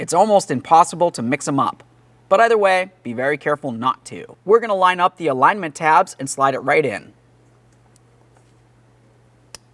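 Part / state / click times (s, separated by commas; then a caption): steering wheel connector into clock spring port / seated / 9.6 s. A plastic steering wheel connector is lined up by its alignment tabs and slid into its port on the clock spring of a 2005-2010 Chevrolet Cobalt. Someone talks for about seven seconds, then after a quiet stretch a single sharp click at 9.5 s shows the connector is seated.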